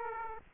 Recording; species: mosquito wingbeat signal from an infrared sensor; Aedes aegypti